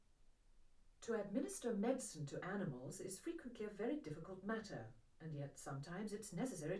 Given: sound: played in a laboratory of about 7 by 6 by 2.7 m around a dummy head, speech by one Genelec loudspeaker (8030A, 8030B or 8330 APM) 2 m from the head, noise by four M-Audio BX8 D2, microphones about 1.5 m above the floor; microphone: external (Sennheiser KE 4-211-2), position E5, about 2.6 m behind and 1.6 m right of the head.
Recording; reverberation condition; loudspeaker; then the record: female speech in English; low; 60 degrees to the left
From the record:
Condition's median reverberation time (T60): about 310 ms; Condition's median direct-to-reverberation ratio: about 3.5 dB